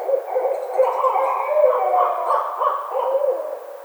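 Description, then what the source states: Barred owl hooting calls, a dense jumble of overlapping cackling hoots that rise and fall continuously, with faint thin high notes above. Recorded 25 May 2009.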